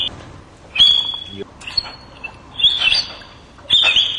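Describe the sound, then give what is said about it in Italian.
An orangutan at the Heidelberg Zoo in Germany, learning to whistle, gives three or four high, thin whistled notes in short bursts with pauses between, fairly loud against a faint background murmur. “Ecco, questo qui è un orangutan che fischia, sta imparando a fischiare ed è allo zoo di Heidelberg in Germania.”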